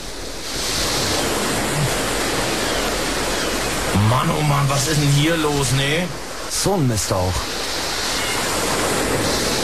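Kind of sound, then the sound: nature, large waves crashing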